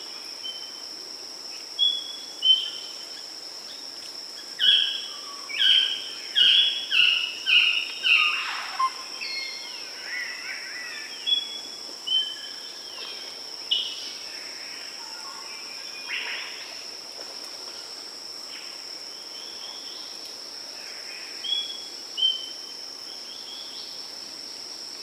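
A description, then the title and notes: Daintree Rainforest birds call over a steady, high insect drone that runs the whole way through. Between about 4 and 9 seconds a quick run of bright, clipped whistles piles up, then scattered chirps and shorter phrases follow, with two sharp calls near 22 seconds. The Daintree Rainforest in Queensland Australia.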